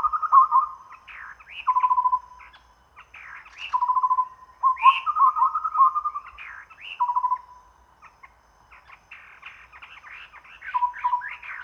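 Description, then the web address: Chestnut-rumped babbler song: low whistled runs alternating with sharp upslurred notes and chatter, in several bursts with short pauses between. Recorded at Danum on 1 April 2006. "DANUM 20060401. chestnut-rumped babbler"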